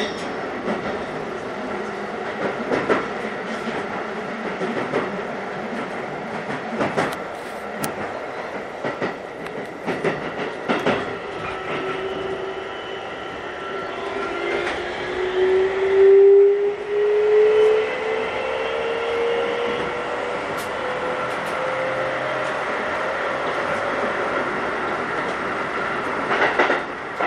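A Keikyu New 1000 series aluminum train runs along, with a steady rumble and frequent clicks and thumps from the rails throughout. Around fifteen seconds a rising motor whine sweeps upward, then fades as the ride continues with rattling and clatter.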